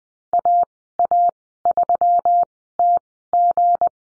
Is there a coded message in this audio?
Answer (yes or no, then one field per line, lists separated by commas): yes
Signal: Morse code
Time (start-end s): 0.3-3.9 s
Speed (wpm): 20 wpm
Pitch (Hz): 700 Hz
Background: none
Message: AA3TG